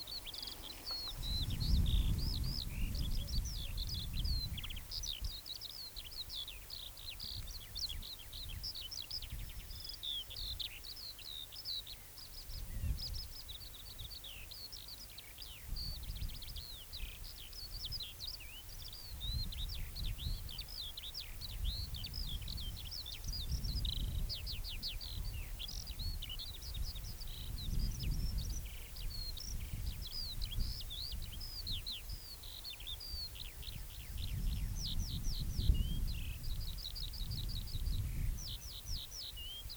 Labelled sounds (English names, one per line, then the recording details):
Eurasian Skylark song
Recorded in the wild
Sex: male
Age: adult
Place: Köppchensee (Fließtal), NSG Fließtal, Berlin, DE
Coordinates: 52.6231, 13.3747
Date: 1996-07-14 18:08
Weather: overcast, gusty wind
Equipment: Sony MD-WM MZ-R3, Sennheiser MKH 416 T, Kopie Uher 4000 Report Monitor
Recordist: Tembrock, Günter